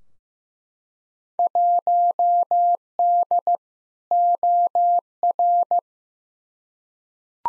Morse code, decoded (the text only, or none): 1D OR